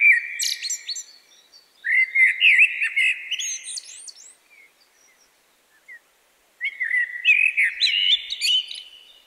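Common blackbird song: mellow, fluted warbled phrases, each ending in a thin, high twitter, separated by short pauses.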